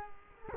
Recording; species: mosquito wingbeat signal from an infrared sensor; Culex quinquefasciatus